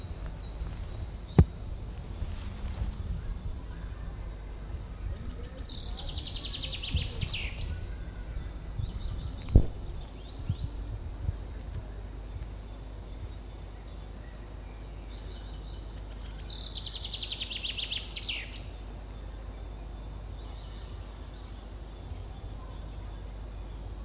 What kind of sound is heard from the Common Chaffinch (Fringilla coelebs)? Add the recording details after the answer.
song. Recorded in the wild. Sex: male. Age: adult. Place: Hermsdorfer Forsten, Berlin, DE. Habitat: wood. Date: 2005-05-05 13:12. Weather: cloudy, 12°C. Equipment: Sony WM-D6C, Sony ECM-MS 907, Kopie Uher 4000 Report Monitor. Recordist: Tembrock, Günter. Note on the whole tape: Gesang, zwei Strophentypen. Stellenweise technisch bedingtes Brummen in der Aufnahme